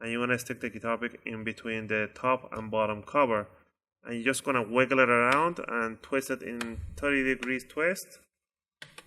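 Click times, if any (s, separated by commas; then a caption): 8.8 s, 9.0 s. A guitar pick is wedged between the top and bottom plastic covers of a Lenovo IdeaPad 330-14IGM laptop, which is opened at a 45-degree angle, and twisted about 30 degrees to pop the bottom cover's retaining clips loose. Someone talks through most of the clip, then after a pause two sharp clicks sound at 8.8 and 9.0 seconds as the plastic clips snap open and the cover releases.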